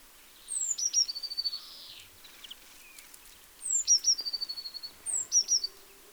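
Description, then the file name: Eurasian blue tit song: high thin descending notes followed by a quick even trill, the phrase given twice with a third start at the end. "Cyanistes caeruleus"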